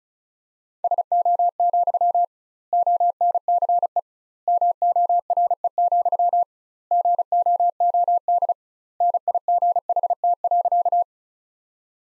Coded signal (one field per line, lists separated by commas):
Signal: Morse code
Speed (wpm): 34 wpm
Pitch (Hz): 700 Hz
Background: none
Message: SO, ONCE MORE, GOOD NIGHT.